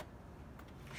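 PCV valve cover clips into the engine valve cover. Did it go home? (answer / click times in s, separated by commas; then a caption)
no / none. A PCV valve cover with its spring and new gasket is handled over an engine valve cover, ready to be pressed down so its plastic retaining clips snap in. Only quiet handling is heard: a low, steady rumble with faint rustles and a brief soft scrape near the end. Nothing has seated or clicked yet.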